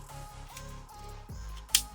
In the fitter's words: just like that it is locked in there you'll hear all click what we're going to do is we're going to place it down